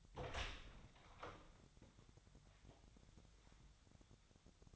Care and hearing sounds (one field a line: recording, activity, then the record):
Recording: daily activity, microphone in the room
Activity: open door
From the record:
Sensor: 3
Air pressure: 1007.2 hPa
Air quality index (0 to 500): 202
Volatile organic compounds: 17 ppm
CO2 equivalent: 2591 ppm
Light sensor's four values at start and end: 12/28/12/12 and 12/29/12/12